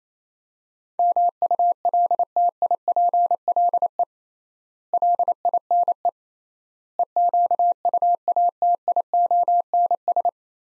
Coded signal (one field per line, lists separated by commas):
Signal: Morse code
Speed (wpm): 28 wpm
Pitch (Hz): 700 Hz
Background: none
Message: MULTIPLE LINE EQUATIONS